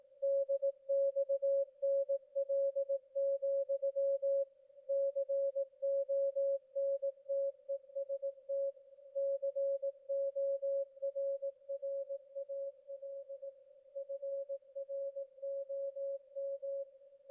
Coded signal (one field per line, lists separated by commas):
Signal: Morse code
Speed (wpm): 18 wpm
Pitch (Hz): 550 Hz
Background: none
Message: DXNL, CONTEST CORRAL FROM